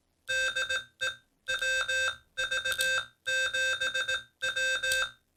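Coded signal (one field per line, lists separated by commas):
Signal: Morse code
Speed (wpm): 18 wpm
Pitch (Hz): 1550 Hz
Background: none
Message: DE WV7W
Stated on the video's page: Morse sent on a Palm Pico Paddle.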